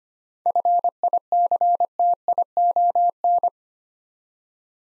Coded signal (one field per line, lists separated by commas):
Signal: Morse code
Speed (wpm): 25 wpm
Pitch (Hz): 700 Hz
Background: none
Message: FICTION